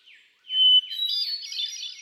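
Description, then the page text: Hermit thrush: a long pure whistled note spilling into rapid, silvery fluting phrases. Male singing, cycling through a repertoire of about ten different songs; recorded June 13, 2006, at Quabbin Park, Ware, Massachusetts. "Birdsong for the Curious Naturalist. Hermit thrush. Can you hear how he cycles through his repertoire of about ten different songs? June 13, 2006. Quabbin Park, Ware, Massachusetts"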